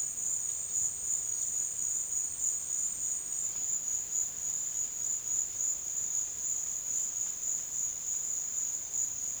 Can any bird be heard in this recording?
no